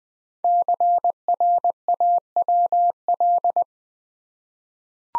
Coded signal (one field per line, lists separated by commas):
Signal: Morse code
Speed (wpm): 20 wpm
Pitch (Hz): 700 Hz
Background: none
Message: CRAWL